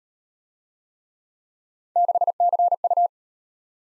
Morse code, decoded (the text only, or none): 6CU